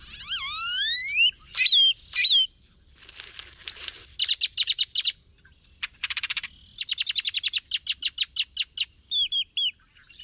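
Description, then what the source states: Grackle song: sharp rising whistles, then buzzy metallic rattles and rapid clicking bursts, ending with repeated squeaky notes over a quiet background. Grackle songs range from metallic hisses to electronic yodels and are harsh; they evolved to carry through nesting habitats of dense marshes and brushy landscapes.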